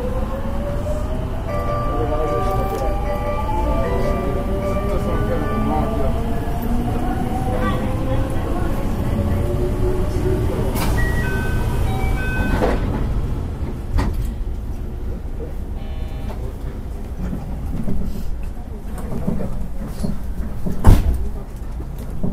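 A 221 series electric train runs along, with a steady low rumble throughout. For the first twelve seconds, rising motor whines glide upward in overlapping tones, then fade, leaving the rolling rumble with occasional clacks and a sharp bang near twenty-one seconds.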